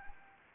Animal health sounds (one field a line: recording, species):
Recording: mosquito wingbeat signal from an infrared sensor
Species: Anopheles gambiae